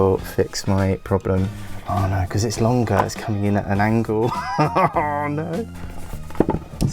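Someone talks over music while sliding a small wooden IKEA LACK floating shelf at an angle onto its wall-mounted fixing screws, with a cluster of short knocks from about 6.3 to 6.8 s. The shelf goes on but has not locked onto the fixing yet, because the screws stick out too far and need to be driven in further before trying again.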